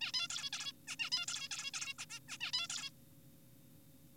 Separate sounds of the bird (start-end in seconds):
0.01-0.12, 0.14-0.28, 0.30-0.50, 0.53-0.72, 0.88-0.96, 1.00-1.10, 1.12-1.26, 1.28-1.48, 1.51-1.71, 1.74-1.94, 1.99-2.05, 2.10-2.20, 2.29-2.38, 2.41-2.52, 2.53-2.67, 2.70-2.90